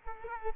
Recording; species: mosquito wingbeat signal from an infrared sensor; Culex quinquefasciatus